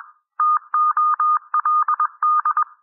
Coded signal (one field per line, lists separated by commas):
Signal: Morse code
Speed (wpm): 21 wpm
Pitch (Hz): 1220 Hz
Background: none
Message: TOLD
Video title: Improve Your Morse Code 18-21 WPM - 21-21 WPM